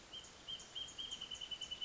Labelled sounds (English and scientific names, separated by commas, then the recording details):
Wrentit (Chamaea fasciata)
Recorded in Sonoma County, California